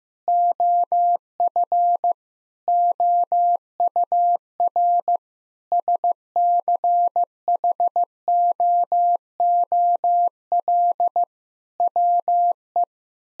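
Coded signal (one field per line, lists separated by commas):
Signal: Morse code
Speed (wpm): 15 wpm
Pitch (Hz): 700 Hz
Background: none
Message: OF OUR SCHOOL WE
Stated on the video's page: Morse practice at 15 wpm: sentences containing common eight-word phrases, each sent, spoken, then sent again for head-copy.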